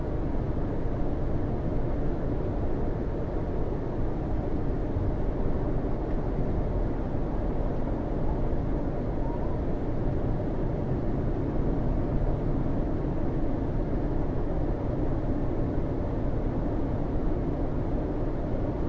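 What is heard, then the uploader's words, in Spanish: Steady, dense city hum with traffic rumble, weighted toward low tones, unchanging throughout with no distinct events rising above the wash. Sonidos de la Ciudad para Dormir. El sonido relajante del ruido blanco de la ciudad.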